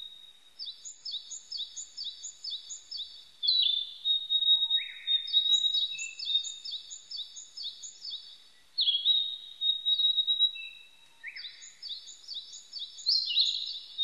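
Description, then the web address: Narcissus flycatcher song: repeated series of fast high chirps, each followed by a downslurred whistle. Recorded 25 April 1998. "1998 980425 kibitaki"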